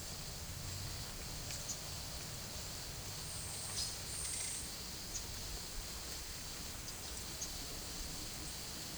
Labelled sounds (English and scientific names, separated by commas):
none